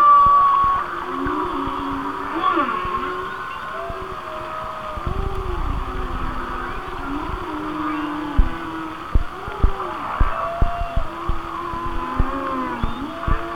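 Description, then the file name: Whale song with wavering moans and short upswept cries, ending in a run of pulsed knocks over a constant underwater hiss. "Whale Songs"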